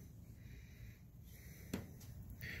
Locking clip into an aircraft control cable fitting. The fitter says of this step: drops in you probably won't be able to hear it everywhere in the class but when this goes in it'll make a nice click because